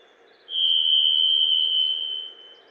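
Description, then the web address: Varied Thrush song: one long, steady whistled note on a single high pitch, lasting nearly two seconds and fading at the end, over quiet background hiss. Western North America. "Dan Gibson Wildlife Identification By Sound, Western North America. Varied Thrush"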